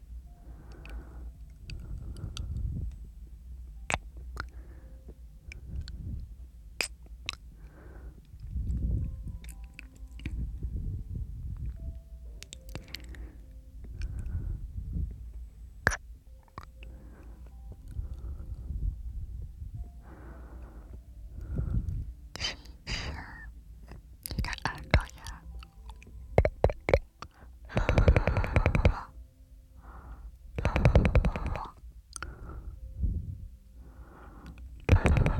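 Close, soft mouth sounds and wet squishes come in irregular bursts, with sharp clicks scattered throughout and louder, brighter smacks near the end.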